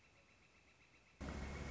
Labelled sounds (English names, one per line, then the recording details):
Northern Flicker
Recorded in Sonoma County, California